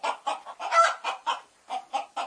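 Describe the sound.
Chicken clucks in rapid succession, rough and nasal, with a brief gap before the last three.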